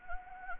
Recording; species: mosquito wingbeat signal from an infrared sensor; Anopheles gambiae